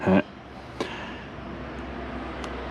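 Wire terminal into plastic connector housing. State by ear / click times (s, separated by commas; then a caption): seated / 2.4 s. Someone talks briefly as a crimped wire terminal is pushed from the back into a plastic connector housing during wiring work on a C30 dually truck. A sharp tap is heard at 0.8 s, then a small, bright click at 2.4 s as the terminal seats in the housing.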